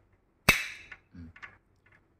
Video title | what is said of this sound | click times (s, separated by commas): CARA MUDAH GAMPANG PASANG ROLLER BLIND/TIRAI GULUNG/TIRAI PENUTUP JENDELA | Setelah terdengar bunyi klik, berarti sudah terkunci . | 0.5 s